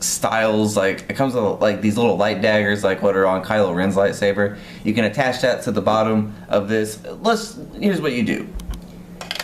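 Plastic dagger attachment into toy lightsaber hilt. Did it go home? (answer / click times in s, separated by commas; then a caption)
yes / 9.3 s. Someone talks while a plastic light-dagger attachment from a blade builder kit is pushed onto the bottom of a toy lightsaber hilt. A few small plastic knocks follow near the end, and the attachment clicks into place at 9.3 seconds, seated.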